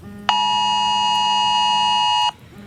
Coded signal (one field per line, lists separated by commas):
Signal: Emergency Alert System (SAME) tones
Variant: 853 and 960 Hz attention tone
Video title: animating eas warnings